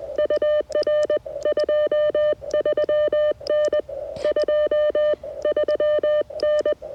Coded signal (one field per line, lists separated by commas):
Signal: Morse code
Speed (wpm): 20 wpm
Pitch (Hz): 560 Hz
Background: none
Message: UR 23N 23N